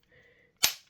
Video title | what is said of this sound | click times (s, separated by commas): A Closer Look At Craftsman V-Series Tools! #HolidaywithYouTube | and the largest that was a nice healthy click did you hear that man that's that sounded nice that fit well | 0.6 s